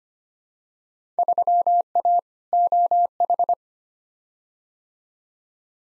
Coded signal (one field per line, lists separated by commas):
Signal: Morse code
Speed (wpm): 25 wpm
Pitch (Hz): 700 Hz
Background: none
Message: 3A OH